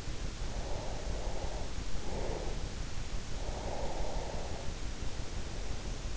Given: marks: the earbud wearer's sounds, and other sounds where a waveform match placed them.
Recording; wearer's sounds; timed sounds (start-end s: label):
sounds in sleep by an in-ear microphone; breath
0.46-2.63 s: breath
3.50-5.12 s: breath